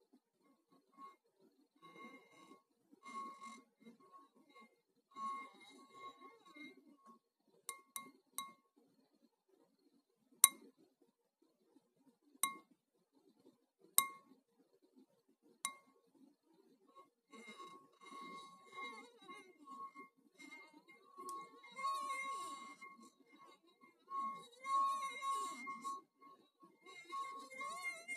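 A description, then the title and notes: Glass clinks and rings, starting with scattered soft taps and a few sharp, bright strikes around the middle. A steady high ringing tone hangs through it, and the last third grows busier, with rubbing, scraping glass and wavering low squeaks. ASMR - Glass sounds.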